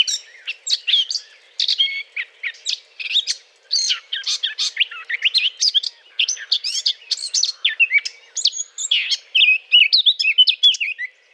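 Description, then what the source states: Eurasian blackcap courtship song: a continuous, fast, varied warble of clicks, squeaks and short whistled slurs running without a real pause. Courtship song; recorded 20 April 2009.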